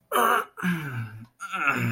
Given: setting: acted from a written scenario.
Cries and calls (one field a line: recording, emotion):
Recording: vocal sound without words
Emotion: pain